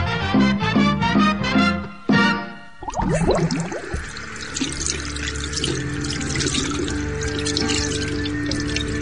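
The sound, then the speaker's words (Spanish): A few bright musical notes ring out, then a steady rush of tap water takes over, splashing continuously at a moderate level as hands are washed beneath it. “Lavarse las manos con agua y jabón, hervir el agua, lavar las frutas y verduras y cocinar bien los alimentos son medidas higiénicas de ayer, de hoy y de siempre.”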